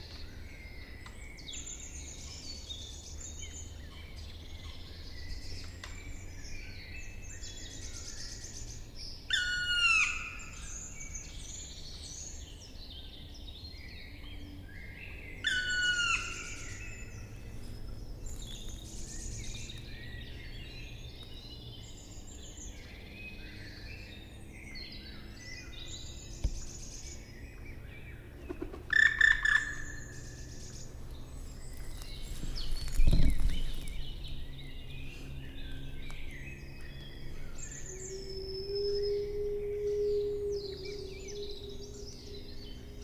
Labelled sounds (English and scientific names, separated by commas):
Black Woodpecker (Dryocopus martius) flight call